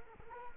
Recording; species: mosquito wingbeat signal from an infrared sensor; Culex quinquefasciatus